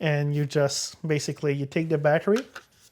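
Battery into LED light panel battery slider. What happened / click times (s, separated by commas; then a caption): Only talking is heard; no seating click occurs, so the battery is not yet in place / none. A camera-style battery is handled before being slid into the slider mount on the back of a Pergear A216C Air Switch LED video light panel. Someone talks throughout, and no other distinct sounds stand out. Nothing has seated or clicked yet.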